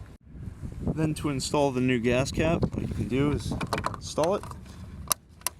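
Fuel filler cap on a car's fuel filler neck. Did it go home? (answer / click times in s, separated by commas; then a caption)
yes / 5.1 s, 5.5 s. Someone talks while a new fuel filler cap is screwed onto the fuel filler neck of a Kia Rio (2012–2019, 2005 and 2006) and turned until its ratchet clicks, with sharp clicks at 5.1 s and 5.5 s. The cap is tightened and clicking as it should, since caps that stop clicking are usually going bad.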